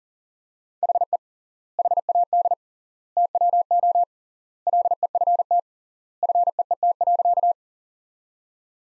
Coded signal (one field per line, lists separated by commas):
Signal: Morse code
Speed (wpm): 40 wpm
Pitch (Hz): 700 Hz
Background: none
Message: HE HAD TWO LEFT FEET.